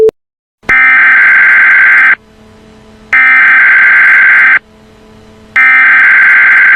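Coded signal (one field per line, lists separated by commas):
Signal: Emergency Alert System (SAME) tones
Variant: header bursts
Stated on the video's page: Fictional nuclear bomb EAS scenario interrupting a cartoon, using valid EAS tones.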